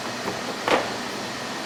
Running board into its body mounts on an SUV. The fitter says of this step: looks to be lined up and you heard that snap it just snaps right in and